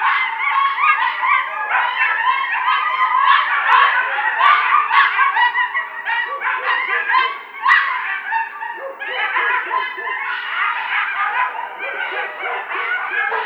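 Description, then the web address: Coyotes in a dense, continuous chorus of high, wavering yips, barks and warbling howls that rise and fall without pause. Howl, recorded 2 November 2007. "Coyote 2007 11 02 howl"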